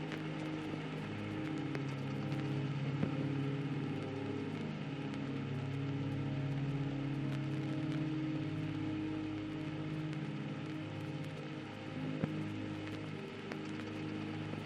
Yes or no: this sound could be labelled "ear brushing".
no